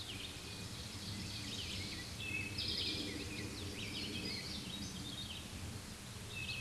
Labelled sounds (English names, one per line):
Eastern Towhee song